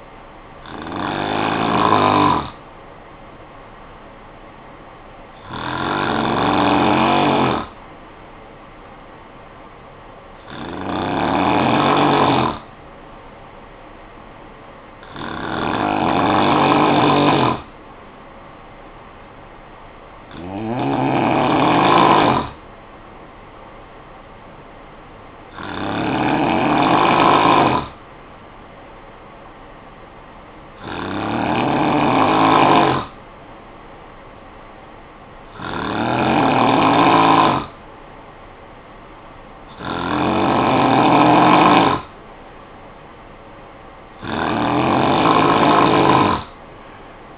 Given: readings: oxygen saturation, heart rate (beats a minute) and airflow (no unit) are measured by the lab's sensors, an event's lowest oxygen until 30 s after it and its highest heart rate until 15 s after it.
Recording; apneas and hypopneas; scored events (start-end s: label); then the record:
breathing in sleep by a voice recorder at the bedside; none
none scored
From the record:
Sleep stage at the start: N2 (light sleep); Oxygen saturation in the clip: 89 to 93%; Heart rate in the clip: 53 to 61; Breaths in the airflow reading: 10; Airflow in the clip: -9.9 to 4.7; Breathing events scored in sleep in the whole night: 445 in 7.6 hours asleep